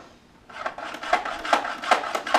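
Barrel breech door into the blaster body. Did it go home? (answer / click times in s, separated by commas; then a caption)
no / none. The plastic barrel breech door of a Nerf Mega DoubleBreach foam-dart blaster is moved up and down in the blaster body, then pulled forward toward its locked position. After a quiet start, a run of rasping plastic handling clicks begins at about 0.5 s, with sharper clicks near 0.7, 1.1, 1.5, 2.2 and 2.3 s. The clip ends before the door goes home, so nothing has seated or locked yet.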